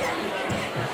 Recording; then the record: coughing mixed with background sound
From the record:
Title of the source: Mid-morning Winter Coughing Fit